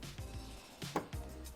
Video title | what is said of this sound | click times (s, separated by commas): How to Install Replace Auxito LED Headlights: 07-11 Honda CRV - Installation Instructions and Review | you hear a pop and this is our plug the plug is now out | 1.0 s